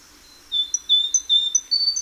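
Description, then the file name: Great tit uttering a brief burst of sharp, high whistled notes that switch back and forth between two pitches and rise slightly at the close. "Parus major"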